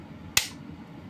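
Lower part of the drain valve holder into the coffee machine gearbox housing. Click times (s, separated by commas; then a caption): 0.4 s. During a drain valve replacement on a Melitta Caffeo Passione coffee machine, the lower part of the drain valve holder is pressed into the gearbox housing until its plastic latch snaps shut. A single sharp, bright click is heard at 0.4 s over a quiet low background. The holder is confirmed seated.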